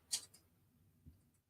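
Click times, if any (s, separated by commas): 0.1 s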